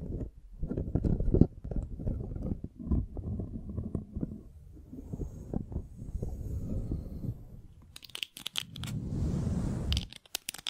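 A microphone is brushed and scratched, giving dense low rumbling thuds and scrapes that come in quick irregular bursts for the first eight seconds. Near the end the sound turns brighter and crisper, with sharp clicks and a hissy rubbing before it stops.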